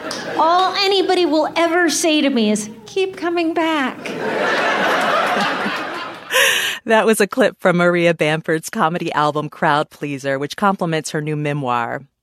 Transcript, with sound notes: anybody will ever say to me is, keep coming back.
(LAUGHTER)
That was a clip from Maria Bamford's comedy album "CROWD-PLEASER!" which compliments her new memoir.